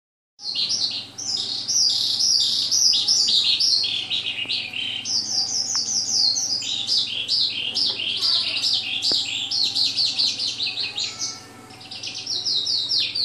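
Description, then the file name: Oriental skylark song, a long continuous stream of fast, high, varied chirps and trills, with steady low electrical hum underneath. Vietnam. "suara kicauan sonca branjangan vietnam. omkicau"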